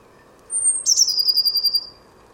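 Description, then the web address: Bird call: a thin, very high sustained whistle that drops into a descending, rapidly pulsed trill lasting about a second. "Deverinetal 2025 File origin Bird Only Cy Ca"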